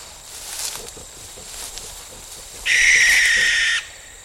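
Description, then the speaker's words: Barn Owl alarm call: a single harsh, rasping screech held for about a second, broad and hissing, after quiet background rustle. Parent, most likely the mother, warning people within 40 yards of her 5-week-old owlets; field ringed by evergreens, 11 p.m., full moon. "That's a parent, most likely the mother, saying, "Stay away. You're getting too close to my children.""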